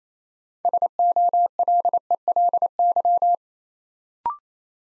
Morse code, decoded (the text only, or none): SOLELY